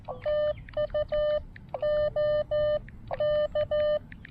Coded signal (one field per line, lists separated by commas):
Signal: Morse code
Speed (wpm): 15 wpm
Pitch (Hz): 590 Hz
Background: none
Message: TU O K